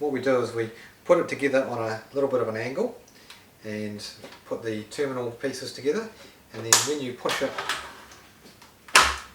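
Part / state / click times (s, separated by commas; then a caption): plastic slot car track section into adjoining track section / seated / 9.0 s. Someone talks while joining two plastic slot car track sections at a slight angle with the terminal pieces together, then pushing them down against the table. A sharp click at 9.0 s marks the four locking tabs snapping into place, leaving the section seated in a firm connection.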